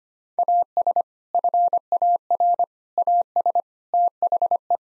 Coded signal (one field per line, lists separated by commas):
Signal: Morse code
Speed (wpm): 25 wpm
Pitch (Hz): 700 Hz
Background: none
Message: AS FAR AS THE